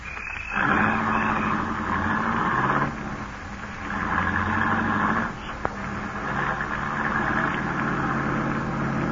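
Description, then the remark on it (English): A new car's engine drones steadily while driving up a steep grade with sharp turns, its low rumbling hum rising and falling in pitch several times as it works through the gears, with one sharp click partway through and no voices. “The new car handles great.”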